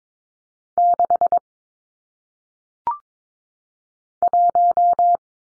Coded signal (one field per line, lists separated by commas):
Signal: Morse code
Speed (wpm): 22 wpm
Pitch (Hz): 700 Hz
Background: none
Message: 6 1